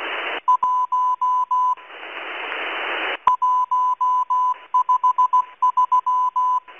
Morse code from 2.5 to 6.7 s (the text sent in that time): 153